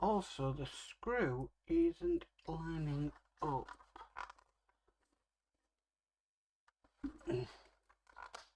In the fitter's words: there we go if you heard that nicely click into place